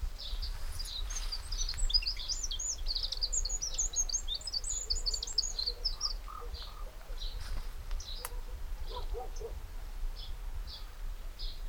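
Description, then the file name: Eurasian wren calling, a quick run of thin high chirps and ticks early on, then scattered sharp notes and a few lower chirps, over steady low rumbling background noise. "Troglodytes troglodytes"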